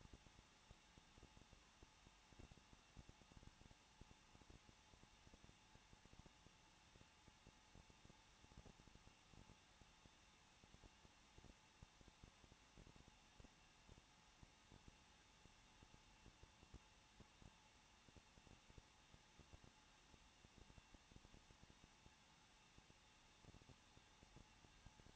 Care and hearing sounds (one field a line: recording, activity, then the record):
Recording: daily activity, microphone in the room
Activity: no activity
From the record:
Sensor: 1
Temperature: 20.1 degrees Celsius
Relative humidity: 39.1%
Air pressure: 1006.3 hPa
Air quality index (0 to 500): 216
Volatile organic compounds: 74 ppm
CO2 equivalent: 3557 ppm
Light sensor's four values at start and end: 1/2/1/1 and 1/2/1/1